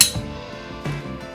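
As the action of a Savage A22R semi-auto rifle closes on a .22 cartridge, the slope pushes the spring-loaded steel extractor in the bolt outward until it snaps onto the brass cartridge rim. A sharp metallic click is heard at 0.0 s, followed by a softer sound near 0.9 s. The extractor is latched and seated on the rim.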